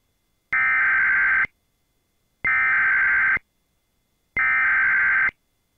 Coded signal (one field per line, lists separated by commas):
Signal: Emergency Alert System (SAME) tones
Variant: header bursts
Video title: EAS 1612: Madison County IN Local Area Emergency